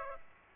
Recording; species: mosquito wingbeat signal from an infrared sensor; Aedes aegypti